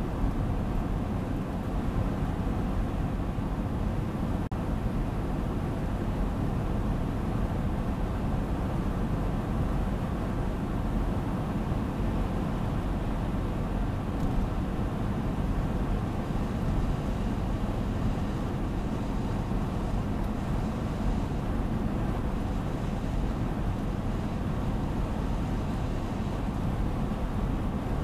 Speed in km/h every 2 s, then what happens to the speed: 91, 91, 91, 90, 92, 92, 92, 91, 92, 93, 93, 92, 94, 93.
0-28 steady at about 92.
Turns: none.